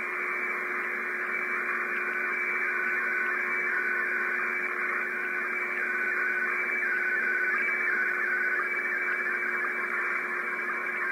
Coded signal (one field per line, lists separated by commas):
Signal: SSTV (slow-scan television)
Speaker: трансивер работа антенны на п и в режиме сств переходим непосредственно к [музыка] эксперименту